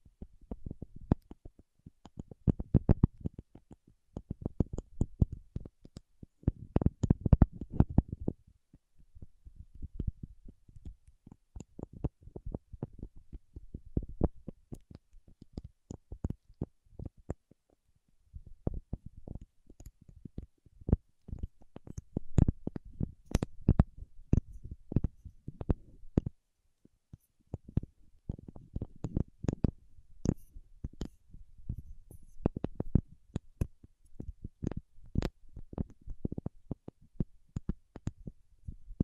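Paraffin wax being peeled, tapped and scratched in dense bursts of sharp clicks and crackles, with brief pauses around ten and twenty-seven seconds.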